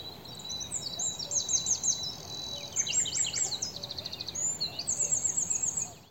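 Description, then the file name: Eurasian wren song: bright, very high trills and rapid stuttering notes in quick succession, fading out at the end, with soft background hiss. "Troglodytes troglodytes"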